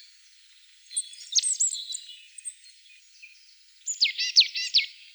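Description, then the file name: Marsh tit calls: a brief run of high chirps, then a louder cluster of sharp, repeated downslurred notes near the end. "Poecile palustris"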